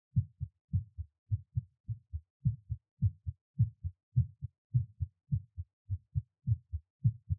Give my Heartbeat. I recorded it right away when I was done with the workout.